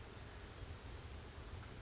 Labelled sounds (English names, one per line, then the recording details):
Brown Creeper
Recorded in Sonoma County, California